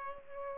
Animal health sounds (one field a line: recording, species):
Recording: mosquito wingbeat signal from an infrared sensor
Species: Aedes albopictus